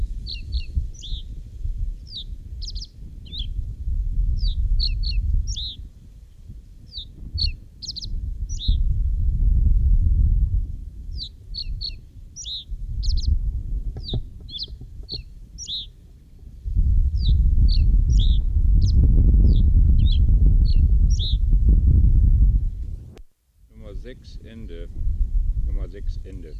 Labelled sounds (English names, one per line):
Reed Bunting song